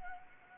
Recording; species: mosquito wingbeat signal from an infrared sensor; Anopheles arabiensis